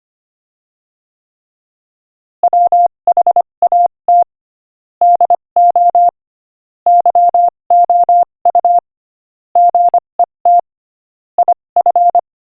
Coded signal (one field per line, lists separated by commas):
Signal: Morse code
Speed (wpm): 25 wpm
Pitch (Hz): 700 Hz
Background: none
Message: WHAT DO YOU GET IF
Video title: Morse Code Practice: 25 wpm Joke #17